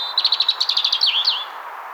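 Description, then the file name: European robin phrase: a rapid series of about ten high repeated notes followed by two swooping whistles, over a soft hiss. "Erithacus rubecula"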